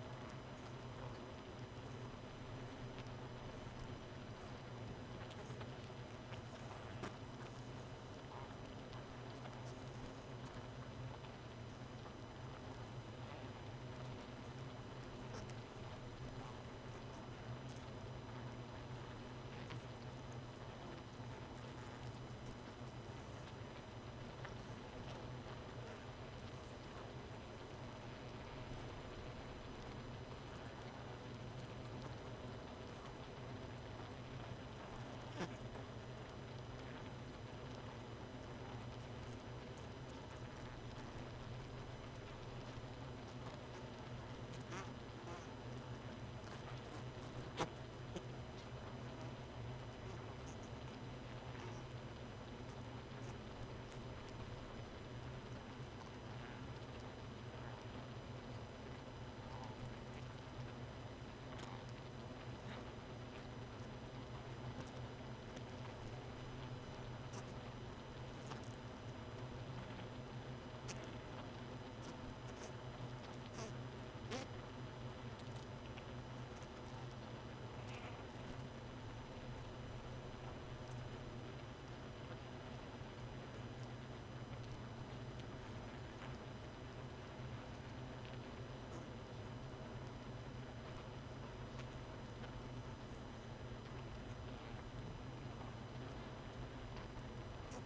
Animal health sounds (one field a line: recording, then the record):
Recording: honeybee colony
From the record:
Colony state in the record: missing queen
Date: 31 May 2018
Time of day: 1:13